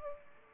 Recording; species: mosquito wingbeat signal from an infrared sensor; Culex pipiens